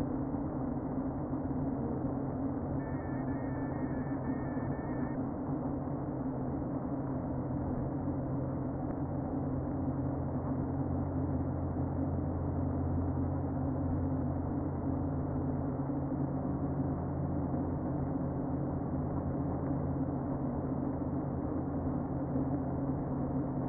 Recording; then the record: honeybee colony, microphone inside the hive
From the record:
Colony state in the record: queen present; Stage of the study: before two queens were removed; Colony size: about 60,000 bees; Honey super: yes